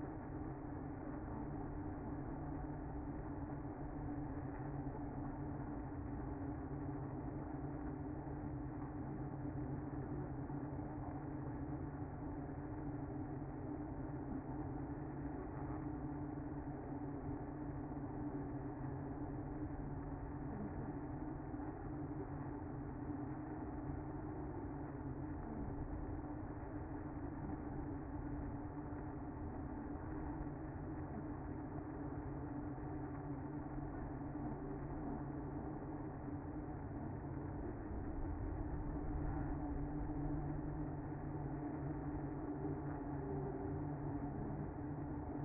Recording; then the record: honeybee colony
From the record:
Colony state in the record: active